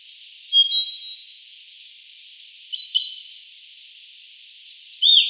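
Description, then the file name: Andean solitaire singing brief high whistles and bell-like sliding notes in three separated bursts, backed by constant soft hiss. "Andean Solitaire Myadestes ralloides"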